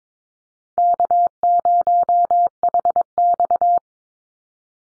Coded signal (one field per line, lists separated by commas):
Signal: Morse code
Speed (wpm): 22 wpm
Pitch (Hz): 700 Hz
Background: none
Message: K0HX